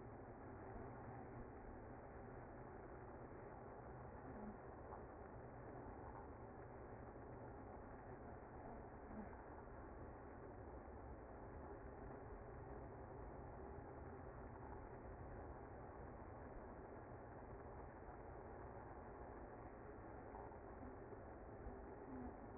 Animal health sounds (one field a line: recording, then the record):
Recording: honeybee colony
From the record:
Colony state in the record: active